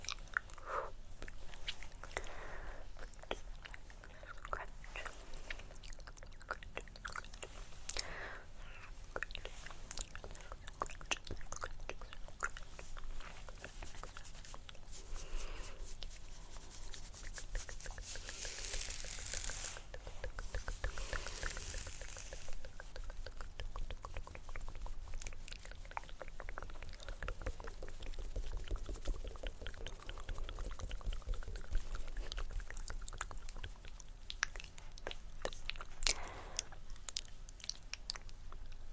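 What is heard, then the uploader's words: Layered mouth sounds with scratching and tapping run throughout: dense, quick clicks and crackles mixed with rough, hissy scraping. A brighter, sustained scratchy wash swells around 15 to 22 seconds, then the rapid clicking and tapping continue steadily to the end. ASMR Extremely Tingly Layered Sounds For Sleep (Scratching, Tktk, Mouth Sounds, Tapping).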